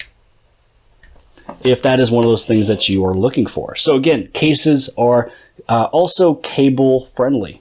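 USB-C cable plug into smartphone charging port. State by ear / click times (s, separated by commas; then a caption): seated / 0.0 s. A Spigen PowerArc USB-C charging cable plug is pushed into a smartphone's charging port and snaps into place with a click at 0.0 s, giving a firm connection unlike cables that fall out easily. A short sharp hit follows at about 1.0 s, then someone talks.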